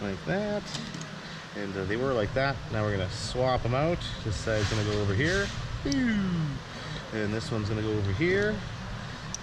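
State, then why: Seated. While swapping a car's factory lights for LED bulbs, an LED bulb and its socket are fitted into the car light housing as someone talks over a steady low hum. A sharp, short click at 9.3 s marks the socket locking into the housing, seated.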